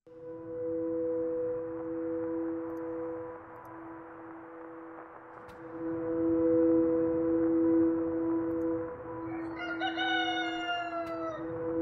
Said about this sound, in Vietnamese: Có tiếng gà gáy sáng.